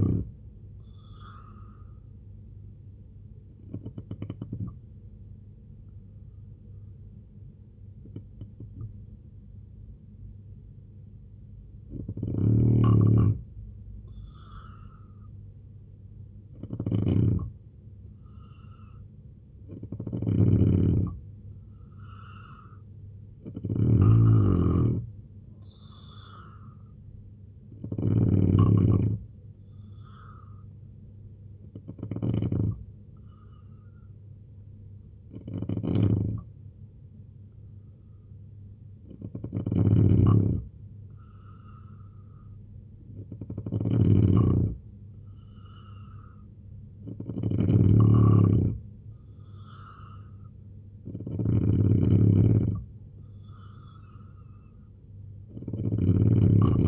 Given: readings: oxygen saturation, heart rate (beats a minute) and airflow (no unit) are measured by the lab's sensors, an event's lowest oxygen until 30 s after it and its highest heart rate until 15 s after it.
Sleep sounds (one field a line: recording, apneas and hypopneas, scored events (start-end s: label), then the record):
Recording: breathing in sleep by a smartphone at the bedside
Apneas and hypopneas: 1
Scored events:
3.00-14.90 s: hypopnea (N2, oxygen 90% highest, then 87% lowest, heart rate 75 at the start, 75 highest)
29.00-56.88 s: new sleep stage, N3 (deep sleep)
From the record:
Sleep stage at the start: N2 (light sleep)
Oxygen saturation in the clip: 87 to 91%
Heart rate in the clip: 66 to 77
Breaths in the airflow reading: 10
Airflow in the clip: -3.9 to 6.5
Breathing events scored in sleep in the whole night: 258 in 7.4 hours asleep